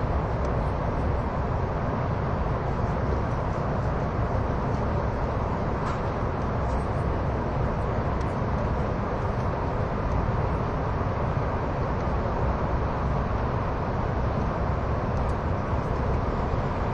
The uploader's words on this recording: SBB線 ETR610形 EC311レ 01/01:Zurich HB～Chiasso. In Switzerland, the ETR610 type Eurocity (EC), which is the main tilting vehicle, and the train on the Gotthard Tobasis Tunnel route, which can demonstrate both high speed performance and curve passing performance, are recorded.